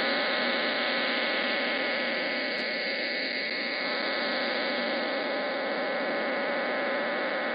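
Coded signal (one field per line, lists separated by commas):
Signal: numbers station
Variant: HM01 RDFT data burst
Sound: steady dense buzzing hiss of many parallel tones, unchanging throughout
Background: radio static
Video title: 09 05 2021 Number station Cuban Spy HM01 in Spanish to Eu,Am 0945 on 9240 Bejucal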